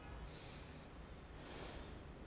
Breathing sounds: one breath in and out by a microphone near the nose and mouth; deep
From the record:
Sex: male

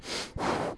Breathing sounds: one breath in and out by a microphone near the nose and mouth; strong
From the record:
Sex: male

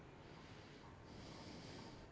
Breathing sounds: one breath in and out by a microphone near the nose and mouth; normal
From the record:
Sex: male

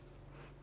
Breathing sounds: one breath in and out by a microphone near the nose and mouth; strong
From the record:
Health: marked as sick, illness not named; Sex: female

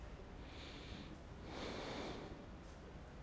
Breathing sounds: one breath in and out by a microphone near the nose and mouth; normal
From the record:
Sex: male

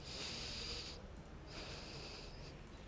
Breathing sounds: one breath in and out by a microphone near the nose and mouth; deep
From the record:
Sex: male

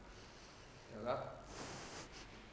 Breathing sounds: one breath in and out by a microphone near the nose and mouth; deep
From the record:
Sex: female

